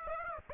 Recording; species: mosquito wingbeat signal from an infrared sensor; Aedes aegypti